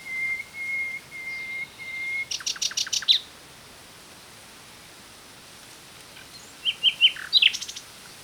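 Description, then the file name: Common nightingale song: a series of pure drawn-out whistles on one pitch, then a burst of rapid harsh buzzy notes, a pause, and a quick ringing trill of sharp notes. "Luscinia megarhynchos"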